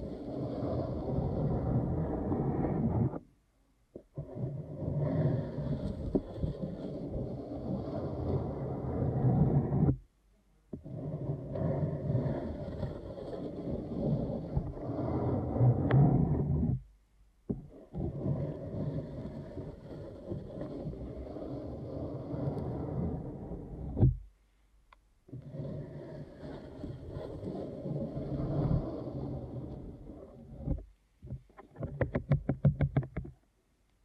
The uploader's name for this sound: ASMR Deep Ear Canal Massage